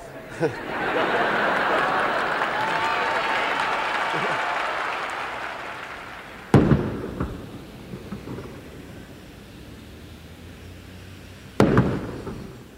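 A steady wash of noise gives way to two heavy cannon salute shots fired from Skeppsholmen in Stockholm, Sweden, booming about five seconds apart, each sharp blast trailing off into a long low rumble; part of a 21-shot salute at 8 in the morning announcing the birth of Princess Victoria.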